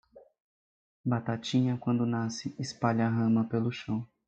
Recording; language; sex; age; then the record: short text; Brazilian Portuguese; male; 20 to 29 years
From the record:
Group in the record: control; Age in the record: 27 years